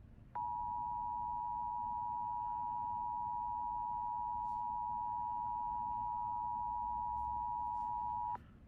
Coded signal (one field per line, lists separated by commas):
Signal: Emergency Alert System (SAME) tones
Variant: 853 and 960 Hz attention tone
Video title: Tests from this week (EAS# 579 584)